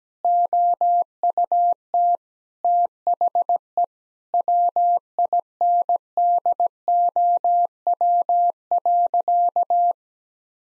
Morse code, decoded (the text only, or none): OUT THE WINDOW.